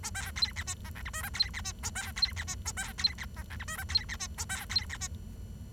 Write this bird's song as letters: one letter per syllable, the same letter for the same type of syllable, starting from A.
A B C D E F G H I J C D E A B C D E A B C D F G H I J C D E A B C D E